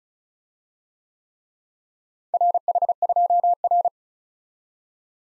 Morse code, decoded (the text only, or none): RH2R